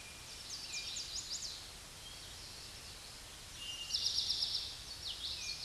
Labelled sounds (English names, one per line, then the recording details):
Eastern Towhee song
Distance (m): 20 m
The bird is about 5 m above the microphone
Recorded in a Pennsylvania forest on 16 May 2024 at 06:39
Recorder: AudioMoth, point MSD-1035
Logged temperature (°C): 16.3 °C
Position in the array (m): 203 m, 141 m